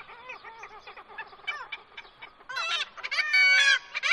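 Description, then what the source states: Black-legged Kittiwake calls, soft overlapping nasal notes at first, then a louder burst of harsh, wavering cries from several birds. Colony near Dunbar Harbour, Scotland, breeding season, nests in an old stone wall; calls exchanged between paired parents of chicks, for communication and socialization.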